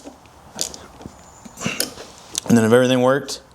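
Someone talks while handling a new metal Alt Rider folding highway foot peg on its crash-bar mount on a KTM 1290 Super Adventure, after tightening its 4 mm Allen bolt. A few faint handling taps and knocks are heard around the speech. Nothing has seated or clicked yet; the peg has not snapped into its spring detent.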